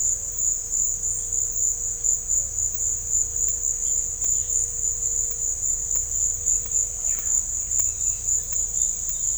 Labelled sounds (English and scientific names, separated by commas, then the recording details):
none
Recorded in secondary vegetation near Puerto Asís, Putumayo, Colombia, on 21 December 2024 at 16:30
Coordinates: 0.498, -76.327
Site GP07